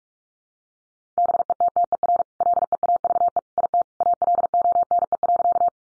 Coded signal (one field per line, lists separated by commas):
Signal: Morse code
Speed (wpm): 44 wpm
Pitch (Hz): 700 Hz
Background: none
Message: BETTER LEAVE IT ALONE.